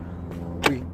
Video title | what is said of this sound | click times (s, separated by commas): How to take a Jeep Wrangler JL soft top down all the way! (FULLY EXPLAINED) | to get it to the unlock position because we're getting ready to put it back up same | 0.7 s